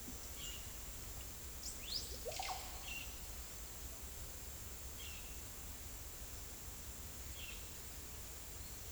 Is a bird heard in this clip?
yes